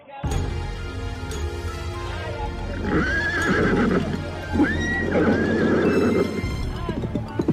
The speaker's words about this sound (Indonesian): Kuda meringki keras, kemudian berlari lebih kencang.